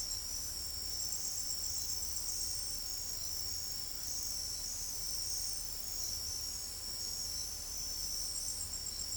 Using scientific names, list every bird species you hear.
none